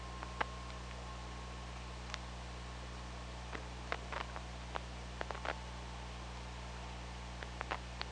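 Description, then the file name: Orca calls underwater: a faint, steady, drawn-out tone held for about two seconds, returning later, amid scattered sharp clicks over constant hiss and low hum. Underwater OrcaLab hydrophone, 24 August 2017 at 14:42. "Orca Lab UTLN JASON 20170824 144228"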